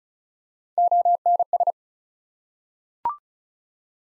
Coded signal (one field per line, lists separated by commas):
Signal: Morse code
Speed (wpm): 36 wpm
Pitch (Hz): 700 Hz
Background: none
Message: ONS